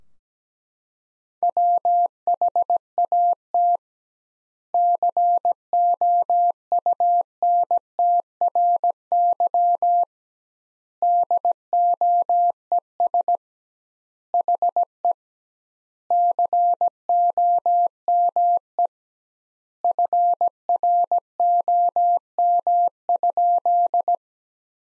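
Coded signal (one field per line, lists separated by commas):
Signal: Morse code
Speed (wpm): 17 wpm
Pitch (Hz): 700 Hz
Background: none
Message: WHAT COUNTRY DOES HE COME FROM?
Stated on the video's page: Practice sentences from the top 300 words at 17 wpm with double word spacing, a word-level Farnsworth-style method.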